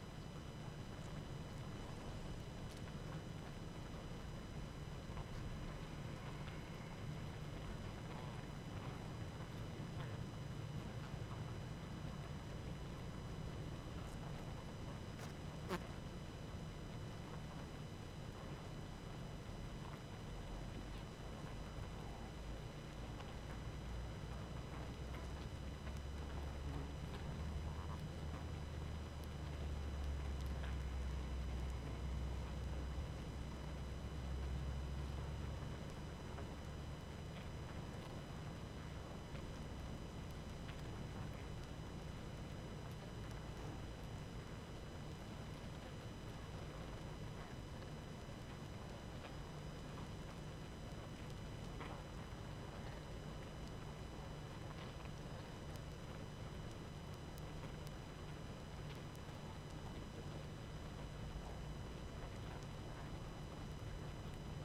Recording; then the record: honeybee colony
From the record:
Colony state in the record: active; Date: 12 June 2018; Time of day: 21:02